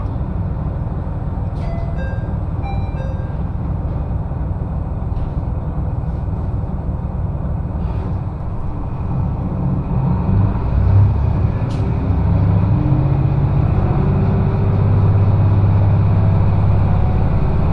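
A train ride on the Echigo Tokimeki Railway, with a steady low rumble of the running train filling the whole clip. Early on, a few brief high chimes or beeps sound, and a short sharp click comes near twelve seconds. After about ten seconds the rumble grows louder, with a deeper droning tone.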